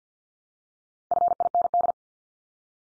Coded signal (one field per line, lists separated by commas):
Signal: Morse code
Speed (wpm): 50 wpm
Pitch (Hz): 700 Hz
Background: none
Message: FIND